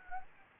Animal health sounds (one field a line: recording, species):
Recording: mosquito wingbeat signal from an infrared sensor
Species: Anopheles gambiae